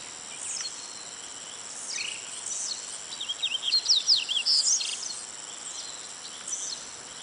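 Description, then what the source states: Yellow-bellied seedeater giving one fast jumbled phrase of bright, high slurred notes and chirps, with a steady insect buzz underneath throughout. Recorded on 24 May 2011.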